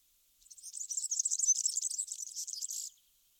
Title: Sylvain Jaskowiak - Mes piafs. Serin cini